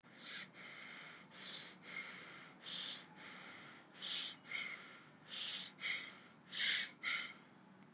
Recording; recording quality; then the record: shallow breathing; excellent, no background noise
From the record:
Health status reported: COVID-19 positive, moderate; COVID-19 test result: positive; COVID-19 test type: RT-PCR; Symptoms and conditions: cough, sore throat, fever, fatigue, muscle pain, another condition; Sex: male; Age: 48 years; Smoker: no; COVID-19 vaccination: both doses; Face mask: worn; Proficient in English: yes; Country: India